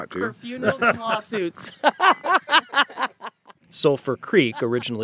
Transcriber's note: laughter